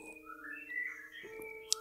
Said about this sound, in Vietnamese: Các bạn thông cảm nhé, đang đọc trưa cho nên là chim bên ngoài nó hót ghê quá, hơi ồn.